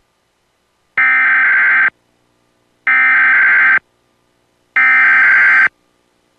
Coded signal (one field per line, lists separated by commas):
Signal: Emergency Alert System (SAME) tones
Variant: header bursts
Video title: WTKR EAS test, circa 2007